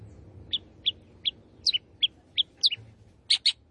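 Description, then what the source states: Long-tailed shrike giving a series of spaced, sharp whistled chips, some in pairs, ending with a few louder scratchy notes. Long-tailed shrike singing lively, in the style called gacor.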